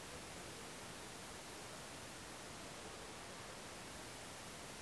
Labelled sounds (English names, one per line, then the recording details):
none
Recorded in France